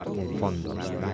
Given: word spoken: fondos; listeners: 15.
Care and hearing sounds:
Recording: one Spanish word in noise, from a listening test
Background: eight-talker babble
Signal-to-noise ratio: -0.6 dB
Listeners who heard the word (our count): 0 of 15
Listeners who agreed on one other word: 9 of 15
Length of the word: 0.74 s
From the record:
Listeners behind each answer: 9, 1, 1, 1, 1, 1, 1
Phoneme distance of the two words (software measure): 7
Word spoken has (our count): 2 syllables, 6 phonemes, stress on syllable 1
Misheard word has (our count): 2 syllables, 5 phonemes, stress on syllable 1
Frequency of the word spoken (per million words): 69.80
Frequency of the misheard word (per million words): 195.00

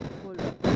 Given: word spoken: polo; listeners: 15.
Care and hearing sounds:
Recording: one Spanish word in noise, from a listening test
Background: noise modulated by one talker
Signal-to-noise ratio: -7.5 dB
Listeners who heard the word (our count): 3 of 15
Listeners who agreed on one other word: 8 of 15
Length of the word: 0.36 s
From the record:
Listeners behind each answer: 8, 3, 1, 1, 1, 1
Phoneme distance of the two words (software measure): 7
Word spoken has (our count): 2 syllables, 4 phonemes, stress on syllable 1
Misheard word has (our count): 2 syllables, 5 phonemes, stress on syllable 1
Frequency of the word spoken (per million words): 17.86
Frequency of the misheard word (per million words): 43.20

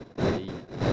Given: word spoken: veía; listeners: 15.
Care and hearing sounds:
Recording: one Spanish word in noise, from a listening test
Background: noise modulated by one talker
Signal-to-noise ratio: -10.4 dB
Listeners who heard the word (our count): 0 of 15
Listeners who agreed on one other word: 6 of 15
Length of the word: 0.53 s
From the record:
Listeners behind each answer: 6, 1, 1, 1, 1, 1, 1, 1, 1, 1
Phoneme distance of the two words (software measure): 17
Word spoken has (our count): 3 syllables, 4 phonemes, stress on syllable 2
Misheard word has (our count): 3 syllables, 5 phonemes, stress on syllable 2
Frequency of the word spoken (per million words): 64.94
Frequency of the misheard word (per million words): 35.76

